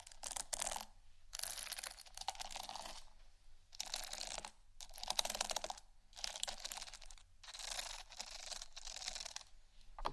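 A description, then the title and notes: Dry scratching comes in bursts of one to two seconds, separated by short quiet gaps, about six strokes in ten seconds. Each stroke is hissy and bright, with fine crackly detail and faint tapping clicks. ASMR Textures Scratching & Tapping (No Talking).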